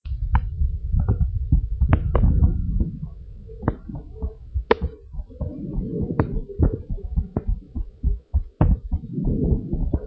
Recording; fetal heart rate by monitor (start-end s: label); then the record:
heart sounds of a pregnant woman by stethoscope
no fetal heartbeat
From the record:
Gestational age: 38 weeks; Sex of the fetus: boy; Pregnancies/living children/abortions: 2/1/0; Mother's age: 35 years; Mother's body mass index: 33.8